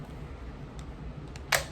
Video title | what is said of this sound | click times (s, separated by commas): Life Hacks for Temperature Sensitivities | kind of pops into place different like angles. | 1.4 s, 1.6 s